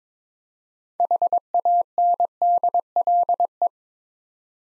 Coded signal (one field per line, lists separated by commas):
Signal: Morse code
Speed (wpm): 22 wpm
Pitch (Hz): 700 Hz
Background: none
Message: HANDLE